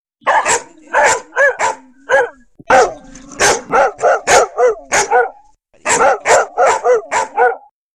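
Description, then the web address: Dog barking in loud, rapid bursts, many barks in quick runs with two short pauses between them. "WOP wop 2016-c Sounds Dogs Barking"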